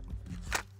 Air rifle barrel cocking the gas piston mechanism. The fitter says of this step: you grip the barrel below the suppressor with one hand then you break the barrel till it stops and you hear a click that click is the gas piston action engaging